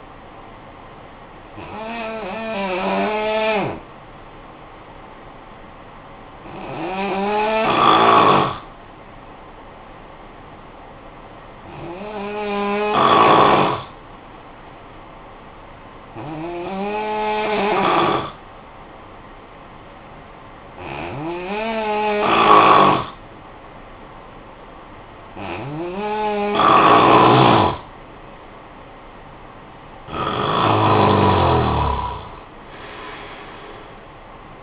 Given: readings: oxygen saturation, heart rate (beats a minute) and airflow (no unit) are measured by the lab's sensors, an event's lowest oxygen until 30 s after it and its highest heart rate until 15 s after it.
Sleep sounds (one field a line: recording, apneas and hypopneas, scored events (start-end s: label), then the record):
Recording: breathing in sleep by a voice recorder at the bedside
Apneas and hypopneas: 1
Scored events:
7.00-26.00 s: hypopnea (N2, oxygen 93% highest, then 88% lowest, heart rate 60 at the start, 65 highest)
From the record:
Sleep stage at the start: N2 (light sleep)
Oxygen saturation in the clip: 87 to 93%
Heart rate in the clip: 53 to 62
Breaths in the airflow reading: 7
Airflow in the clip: -15.4 to 6.1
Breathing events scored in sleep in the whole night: 445 in 7.6 hours asleep